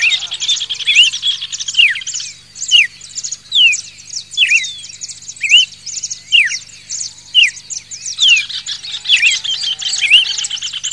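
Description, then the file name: Red-crested cardinal song: clear, sharp whistled notes sliding downward, some curling upward, repeated about once a second over a dense background of high, fast chirping chatter. Song variation number 7. "suara kicauan burung red crested cardinal. omkicau"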